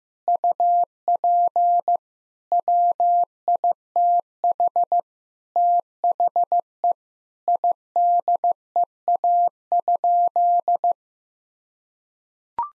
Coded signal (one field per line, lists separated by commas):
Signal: Morse code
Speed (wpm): 16 wpm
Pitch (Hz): 700 Hz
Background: none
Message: UP WITH THE IDEA?